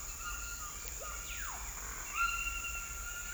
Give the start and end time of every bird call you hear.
[0.00, 3.33] bird call

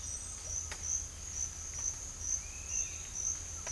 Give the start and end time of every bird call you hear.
[2.33, 3.11] bird call

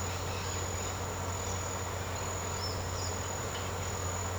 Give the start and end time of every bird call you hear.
[0.00, 0.90] bird call
[2.48, 3.34] bird call

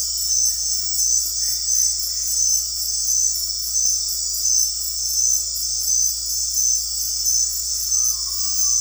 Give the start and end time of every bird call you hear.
[7.91, 8.80] bird call

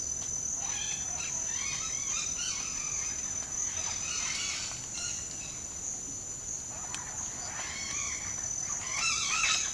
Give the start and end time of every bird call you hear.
[0.54, 5.54] bird call
[7.52, 9.73] bird call

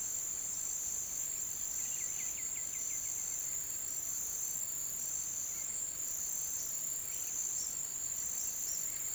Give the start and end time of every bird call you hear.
[1.85, 3.39] bird call

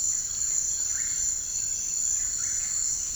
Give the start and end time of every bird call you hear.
[0.69, 1.51] bird call
[2.02, 2.99] bird call

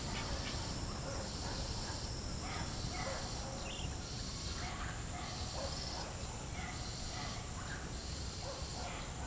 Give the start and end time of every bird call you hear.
[3.60, 3.89] bird call

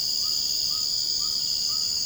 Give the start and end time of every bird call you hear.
[0.00, 2.05] bird call

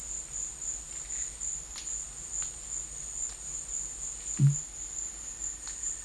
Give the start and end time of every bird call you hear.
[5.43, 6.05] bird call

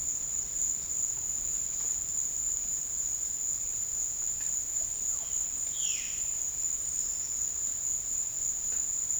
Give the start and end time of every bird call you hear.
[4.98, 6.29] bird call

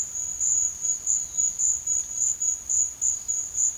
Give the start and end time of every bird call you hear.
[0.82, 1.59] bird call

